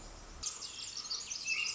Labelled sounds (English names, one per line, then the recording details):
Pacific Wren
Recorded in Sonoma County, California